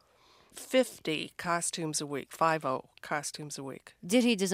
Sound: none

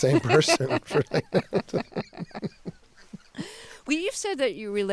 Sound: laughter

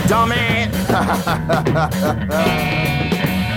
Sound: laughter

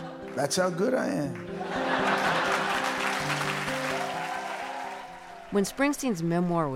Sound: applause

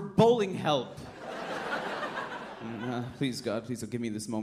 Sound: laughter

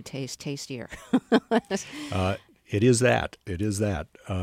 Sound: soundbite of laughter

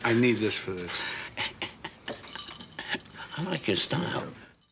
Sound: soundbite of chuckling

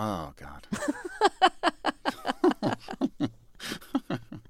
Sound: laughter

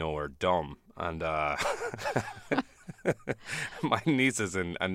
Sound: laughter

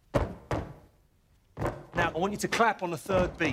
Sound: soundbite of stomping

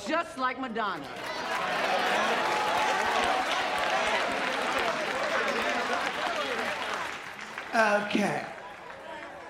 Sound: cheering, applause

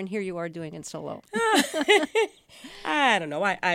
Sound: soundbite of laughter

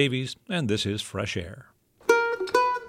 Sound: soundbite of ads

